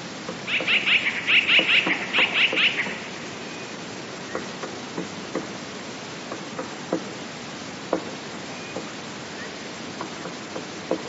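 Eurasian blue tit calls: three quick bursts of rapid, buzzy, high notes in the first three seconds, followed by scattered sharp clicks and taps against a steady hiss.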